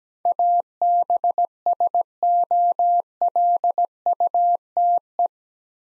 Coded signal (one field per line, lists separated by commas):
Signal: Morse code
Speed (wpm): 17 wpm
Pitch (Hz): 700 Hz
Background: none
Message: ABSOLUTE